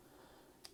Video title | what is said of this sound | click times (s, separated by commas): Transformers Legacy United - Cyberverse Slipstream Review! | until they click and what you want to do | 0.7 s